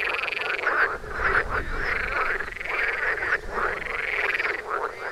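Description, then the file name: Frogs in a thick chorus, many overlapping rasping croaks and trilled notes forming a continuous wall of sound. "toms frogs for wilson"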